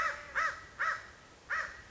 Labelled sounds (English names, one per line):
American Crow